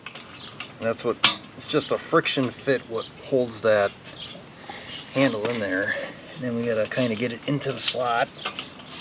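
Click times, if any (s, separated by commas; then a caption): none. Someone talks while working the metal handle of a Weber kettle-grill one-touch self-cleaning repair kit, a friction fit, into its slot on the grill's ash-sweep assembly. A few brief sharp sounds occur near 0.1, 0.2 and 0.6 seconds. Nothing has seated or clicked yet.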